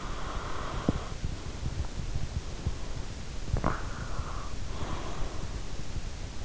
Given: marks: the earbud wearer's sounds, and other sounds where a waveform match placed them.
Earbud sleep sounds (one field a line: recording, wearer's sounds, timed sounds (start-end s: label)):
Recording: sounds in sleep by an in-ear microphone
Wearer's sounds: breath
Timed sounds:
0.00-2.86 s: breath
3.46-5.82 s: breath